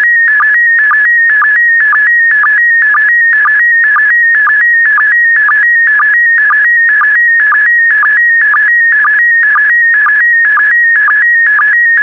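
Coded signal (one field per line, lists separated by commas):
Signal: SSTV (slow-scan television)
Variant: PD120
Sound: warbling tone between 1.5 and 2.3 kHz with a short low blip twice per second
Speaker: complete you can now check your decoded image against the picture that is shown on the video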